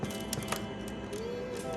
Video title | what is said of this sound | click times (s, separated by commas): Simple and Easy Troubleshooting steps for PS4 Black screen | it's in because we heard it click | 0.3 s